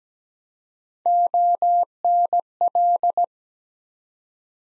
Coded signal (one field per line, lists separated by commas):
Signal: Morse code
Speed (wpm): 17 wpm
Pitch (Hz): 700 Hz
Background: none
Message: ONL